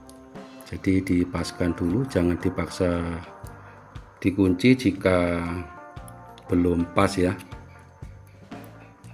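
A new coin cell battery and its metal retaining clip are being lined up in the case of a Casio G-Shock GX56 watch before locking. Someone talks over music, and a few faint ticks are heard. Nothing has clicked into place yet.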